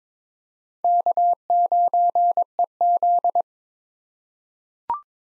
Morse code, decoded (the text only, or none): K9EZ